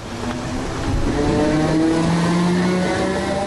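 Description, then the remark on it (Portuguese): A train rolls past a stadium in a residential area of Dublin with a steady, loud rumble, its motors giving off a humming whine that climbs slightly in pitch as it goes by. No one speaks. “O comboio passa pelo estádio, mas não traz notícias da final da Liga Europa.”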